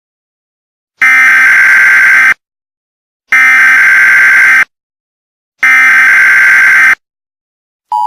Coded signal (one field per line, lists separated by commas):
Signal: Emergency Alert System (SAME) tones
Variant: header bursts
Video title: EAS Scenario #2: Thanksgiving (Happy Thanksgiving Everyone)